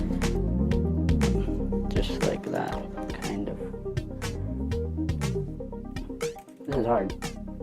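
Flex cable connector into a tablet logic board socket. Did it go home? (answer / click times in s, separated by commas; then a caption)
no / none. Inside a Samsung SM-P900 (Note Pro 12.2) tablet during a battery replacement, a small flex cable connector is pushed onto its logic board socket pins while music plays and someone talks. Short handling taps and scrapes are heard as it is worked against the pins. Nothing has seated or clicked yet.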